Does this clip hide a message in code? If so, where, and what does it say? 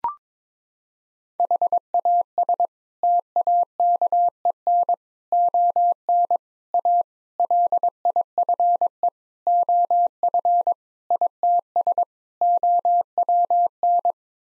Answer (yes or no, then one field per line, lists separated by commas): yes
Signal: Morse code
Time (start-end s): 1.4-14.1 s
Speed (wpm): 22 wpm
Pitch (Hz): 700 Hz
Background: none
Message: HAS TAKEN ON A LIFE OF ITS OWN